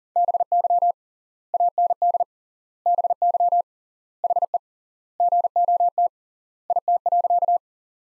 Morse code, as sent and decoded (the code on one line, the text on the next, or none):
-... -.-- / .- -. -.. / -... -.-- / .... . / --. --- - / .. - .-.-.-
BY AND BY HE GOT IT.